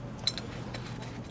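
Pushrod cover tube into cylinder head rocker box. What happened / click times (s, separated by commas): The spring-loaded metal cover tube popped up fully into place / 0.3 s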